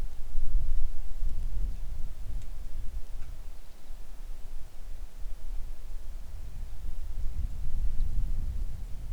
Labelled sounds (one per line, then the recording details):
songbird
wind
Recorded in the Arctic National Wildlife Refuge, Alaska, on 3 August 2019 at 10:32
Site 41